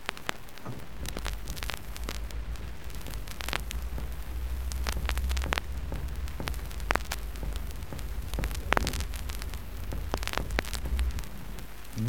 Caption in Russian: Выше уровня эксудата перкуторный легочный звук приобретает тимпанический оттенок. Изменение перкуторного звука на больной стороне от абсолютно тупого до. Тимпанического и ясного легочного.